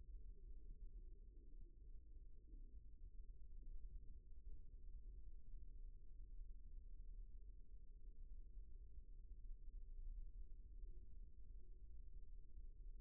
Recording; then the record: forearm muscle sounds (acoustic myography)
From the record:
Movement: rest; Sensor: system 1, eight BSWA MPA416 microphones around the upper forearm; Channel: 2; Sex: male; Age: 18 years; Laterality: right